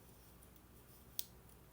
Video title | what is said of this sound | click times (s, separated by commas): How to Develop Black and White Film at Home | There's that click. It's a small click. | 1.2 s